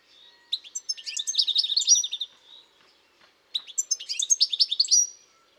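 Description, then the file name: European goldfinch uttering two quick bursts of tinkling, jangling chirps and short buzzes, the second beginning after a brief gap. "Carduelis carduelis"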